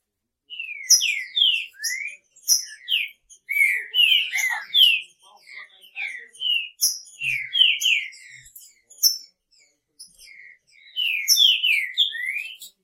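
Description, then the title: Green-winged Saltator song: repeated bursts of bright downslurred and upslurred whistles with sharp high notes, separated by short silences. "Trinca Ferro"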